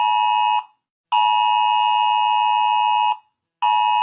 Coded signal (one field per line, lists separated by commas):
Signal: Emergency Alert System (SAME) tones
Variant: 853 and 960 Hz attention tone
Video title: Rating eas alarms part 1